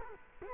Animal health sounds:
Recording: mosquito wingbeat signal from an infrared sensor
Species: Culex quinquefasciatus

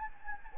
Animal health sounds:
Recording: mosquito wingbeat signal from an infrared sensor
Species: Anopheles gambiae

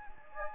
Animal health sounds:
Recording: mosquito wingbeat signal from an infrared sensor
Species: Anopheles gambiae

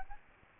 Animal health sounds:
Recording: mosquito wingbeat signal from an infrared sensor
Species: Aedes albopictus

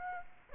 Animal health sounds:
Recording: mosquito wingbeat signal from an infrared sensor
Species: Aedes aegypti

